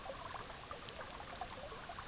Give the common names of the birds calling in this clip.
none